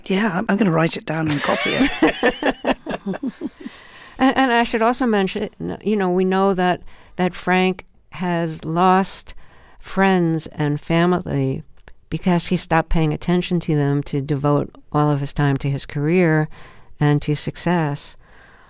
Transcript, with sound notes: Yeah. I'm going to write it down and copy it.
(LAUGHTER)
And I should also mention, you know, we know that Frank has lost friends and family because he stopped paying attention to them to devote all of his time to his career and to success.